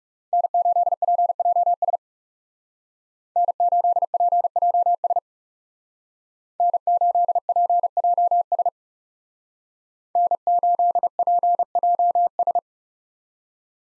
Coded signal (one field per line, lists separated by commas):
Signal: Morse code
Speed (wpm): 39 wpm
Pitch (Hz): 700 Hz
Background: none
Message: N8PJS N8PJS N8PJS N8PJS